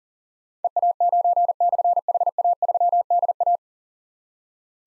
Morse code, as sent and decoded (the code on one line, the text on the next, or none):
. .- ----. -..-. .... .- ...-- -.. .-
EA9/HA3DA